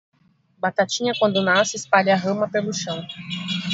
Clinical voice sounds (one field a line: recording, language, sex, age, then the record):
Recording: short text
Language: Brazilian Portuguese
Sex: female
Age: 20 to 29 years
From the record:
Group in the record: control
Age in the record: 28 years